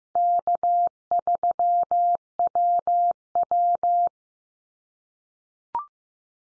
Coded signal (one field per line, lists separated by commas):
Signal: Morse code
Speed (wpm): 15 wpm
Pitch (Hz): 700 Hz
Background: none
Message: K3WW